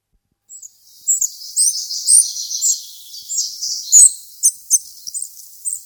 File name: Muholovka seraya